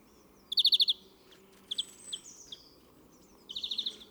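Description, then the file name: European greenfinch with a fast ringing trill, scattered soft chirps and a high thin whistle, then another trill. "Chloris chloris"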